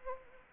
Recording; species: mosquito wingbeat signal from an infrared sensor; Anopheles gambiae